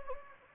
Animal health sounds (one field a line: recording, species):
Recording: mosquito wingbeat signal from an infrared sensor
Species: Anopheles gambiae